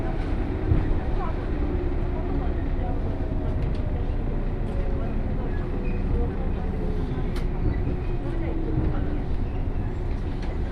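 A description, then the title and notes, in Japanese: A local train rumbles along in a steady, dense, low roar, with faint rattles, brief clicks, and murmuring voices inside the carriage. 湖西線普通 京都→小野 117系。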